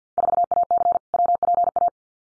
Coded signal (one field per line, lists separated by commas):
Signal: Morse code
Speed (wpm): 50 wpm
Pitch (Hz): 700 Hz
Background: none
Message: 4AC WPA